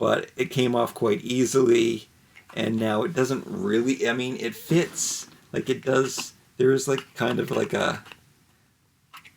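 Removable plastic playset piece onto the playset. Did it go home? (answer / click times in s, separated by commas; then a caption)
no / none. Someone talks while refitting a removable plastic piece onto a Bat Cave toy playset; the piece came off easily and now only rests on a lip. Nothing has seated or clicked yet, and the piece does not snap into place.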